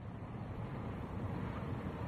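Cold wind howls in a steady, rushing roar as it sweeps through and blows open two bamboo gates, heavy in the low end and unbroken for the whole stretch, with no voices or other sounds over it.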